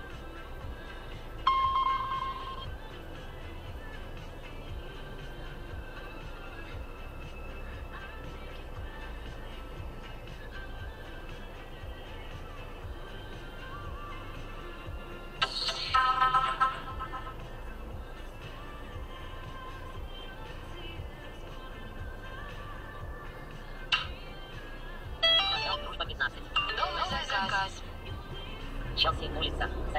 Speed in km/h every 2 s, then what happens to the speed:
0, 0, 1, 0, 0, 0, 0, 0, 0, 2, 1, 3, 4, 0, 0.
0-30 standing.